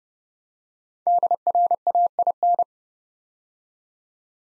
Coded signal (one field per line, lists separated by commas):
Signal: Morse code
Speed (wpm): 30 wpm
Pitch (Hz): 700 Hz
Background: none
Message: DRAIN